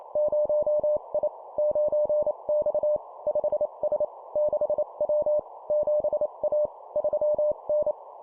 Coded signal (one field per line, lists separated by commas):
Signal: Morse code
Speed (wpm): 28 wpm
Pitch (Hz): 600 Hz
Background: none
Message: 0I 9X 5S 6W 7A 3N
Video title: 25wpm Two number letter words, cw morse code